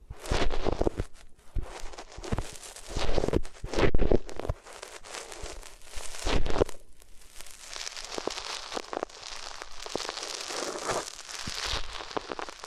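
Ears being rubbed against different materials, giving dense scratchy, crinkly rustling. The first half comes in uneven swells and bursts with fuller, lower rubs around three to four and six seconds; the second half settles into steadier, brighter, lighter crackling friction.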